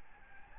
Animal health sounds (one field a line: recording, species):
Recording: mosquito wingbeat signal from an infrared sensor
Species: Aedes albopictus